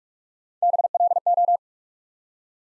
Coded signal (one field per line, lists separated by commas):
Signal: Morse code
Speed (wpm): 44 wpm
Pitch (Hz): 700 Hz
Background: none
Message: BLO